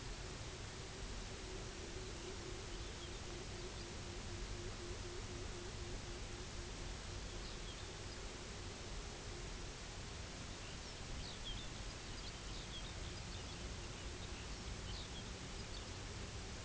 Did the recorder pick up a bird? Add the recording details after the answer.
yes. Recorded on Arctic tundra, site UTQI-0, on 16 June 2019. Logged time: 12:00